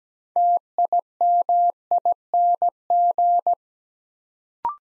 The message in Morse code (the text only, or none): TIMING